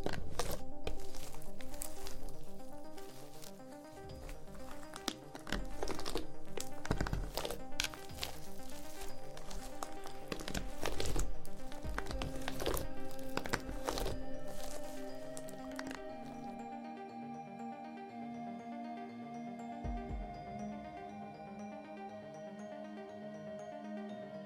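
Slime is being squished and stretched, with dense wet clicks, pops and crackles packed tightly through the first sixteen seconds, several sharp bursts among them. After that the popping thins out, leaving a steady low hum with a few soft squelches over it.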